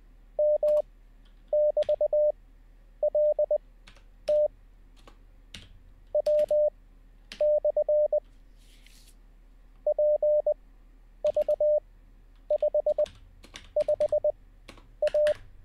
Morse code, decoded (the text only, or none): M<BT>LT W/ PV55A